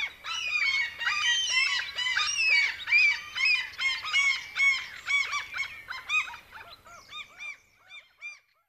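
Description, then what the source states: Common Gull calling: loud, rapid, repeated squealing and mewing cries, dense at first, tapering into quieter notes near the end. Common gulls in cities by the water; their calling can be quite wild in spring and during the chick-rearing season.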